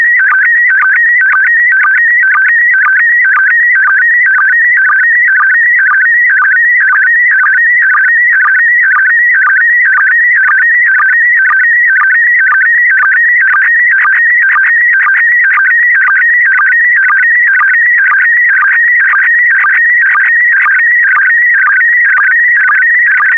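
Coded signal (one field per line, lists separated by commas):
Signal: SSTV (slow-scan television)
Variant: PD120 mode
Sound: steady warbling whine between mid and high pitch, with regular quick low blips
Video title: (04 of 12) ISS Expedition 63 - ARISS Series 16 Satellites October 2020 - Retransmission SSTV PD120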